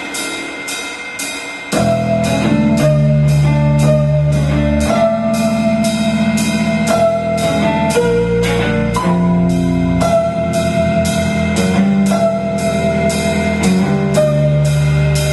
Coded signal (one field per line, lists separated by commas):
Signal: dial-up modem handshake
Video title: Pulse, DTMF, and Modem. Performed by The Rosa Ensemble, Composed by Hisashi Ishihara.